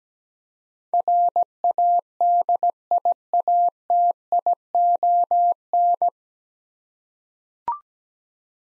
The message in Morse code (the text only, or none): RADIATION